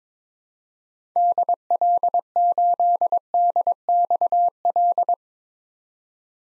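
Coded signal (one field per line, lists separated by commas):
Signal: Morse code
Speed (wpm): 21 wpm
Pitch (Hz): 700 Hz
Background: none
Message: DL8DXL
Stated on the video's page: Computer-generated head-copy drill of common SOTA chaser callsigns at 22 wpm, each sent in Morse, spoken, then sent again.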